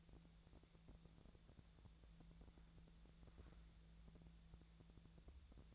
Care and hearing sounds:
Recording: daily activity, microphone in the room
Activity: wipe stove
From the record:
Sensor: 3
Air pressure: 1000.5 hPa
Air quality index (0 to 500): 176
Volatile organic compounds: 3 ppm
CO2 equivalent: 1528 ppm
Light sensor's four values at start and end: 14/34/14/15 and 14/34/14/15

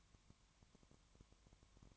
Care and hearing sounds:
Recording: daily activity, microphone in the room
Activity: no activity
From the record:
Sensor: 3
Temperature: 20.1 degrees Celsius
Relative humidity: 31.4%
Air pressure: 1001.3 hPa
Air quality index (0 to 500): 74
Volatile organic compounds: 1 ppm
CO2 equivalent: 696 ppm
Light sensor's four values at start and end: 2/3/2/2 and 2/3/2/2

